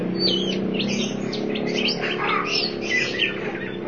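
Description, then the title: Oriental magpie-robin pouring out a busy stream of whistled and warbled notes over a steady low rumbling background. Kacer song. "Suara Kicauan Burung Kacer Durasi Panjang"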